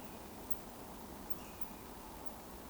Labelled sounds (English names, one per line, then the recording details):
Eurasian Woodcock whistle
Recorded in Baden-Württemberg, Germany, on 11 June 2020 at 20:27 UTC
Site 14569, 102 m above sea level